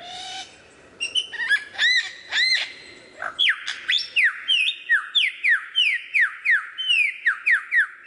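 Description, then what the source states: Lyrebird song: a few arched whistles, then a fast, even series of ringing down-slurred whistles, about three each second. Song variations.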